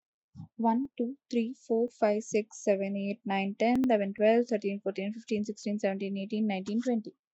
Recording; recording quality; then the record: counting at a fast pace; excellent, no background noise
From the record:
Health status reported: healthy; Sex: female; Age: 27 years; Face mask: not worn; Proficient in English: yes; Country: India